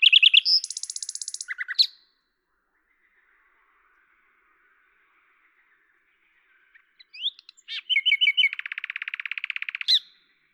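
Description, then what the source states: Common nightingale song phrases: loud churring trill and stuttered notes, a quiet gap, then a rising note, repeated chips and a long rapid rattle. Recorded at Lavours, France, on 10/05/1998 with a Tascam DAP-1 recorder and Télingua microphone, edited in Samplitude 5.1.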